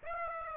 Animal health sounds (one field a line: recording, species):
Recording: mosquito wingbeat signal from an infrared sensor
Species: Aedes aegypti